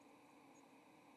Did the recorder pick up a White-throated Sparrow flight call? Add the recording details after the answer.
no. Another species' flight call is heard. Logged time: 08:29 on 30 October 2014